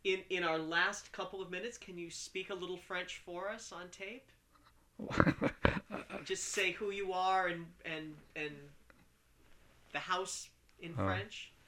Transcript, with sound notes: In our last couple of minutes, can you speak a little French for us on tape? (laughs) Just say who you are and "house" in French?